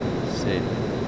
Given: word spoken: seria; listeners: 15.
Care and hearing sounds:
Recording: one Spanish word in noise, from a listening test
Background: speech-shaped noise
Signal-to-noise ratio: -4.5 dB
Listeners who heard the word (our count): 0 of 15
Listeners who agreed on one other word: 8 of 15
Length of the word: 0.68 s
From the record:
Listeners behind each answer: 8, 3, 2, 1, 1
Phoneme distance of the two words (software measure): 14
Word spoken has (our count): 2 syllables, 5 phonemes, stress on syllable 1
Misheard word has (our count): 1 syllable, 3 phonemes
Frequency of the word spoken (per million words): 19.89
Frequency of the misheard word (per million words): 1526.78

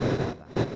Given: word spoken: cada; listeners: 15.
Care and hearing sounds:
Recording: one Spanish word in noise, from a listening test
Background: noise modulated by one talker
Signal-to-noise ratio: -11.5 dB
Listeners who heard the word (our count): 0 of 15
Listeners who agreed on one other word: 9 of 15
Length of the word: 0.36 s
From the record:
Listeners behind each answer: 9, 1, 1, 1, 1, 1, 1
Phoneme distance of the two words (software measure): 10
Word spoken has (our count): 2 syllables, 4 phonemes, stress on syllable 1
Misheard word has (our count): 2 syllables, 4 phonemes, stress on syllable 1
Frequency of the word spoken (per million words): 816.46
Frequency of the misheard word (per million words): 631.49

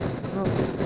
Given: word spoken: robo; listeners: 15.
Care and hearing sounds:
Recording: one Spanish word in noise, from a listening test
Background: noise modulated by three-talker babble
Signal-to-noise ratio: -6.1 dB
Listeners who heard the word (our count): 0 of 15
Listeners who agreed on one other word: 7 of 15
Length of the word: 0.46 s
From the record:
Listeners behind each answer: 7, 4, 1, 1, 1, 1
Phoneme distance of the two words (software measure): 20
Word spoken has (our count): 2 syllables, 4 phonemes, stress on syllable 1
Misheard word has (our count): 2 syllables, 4 phonemes, stress on syllable 1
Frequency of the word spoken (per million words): 18.79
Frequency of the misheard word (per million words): 60.38

